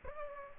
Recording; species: mosquito wingbeat signal from an infrared sensor; Aedes aegypti